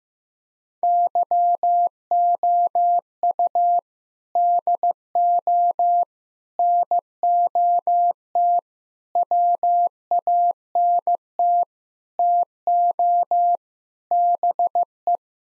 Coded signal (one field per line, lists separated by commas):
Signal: Morse code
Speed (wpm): 15 wpm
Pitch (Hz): 700 Hz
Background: none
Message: YOU DO NOT WANT TO BE